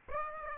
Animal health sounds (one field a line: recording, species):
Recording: mosquito wingbeat signal from an infrared sensor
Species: Aedes aegypti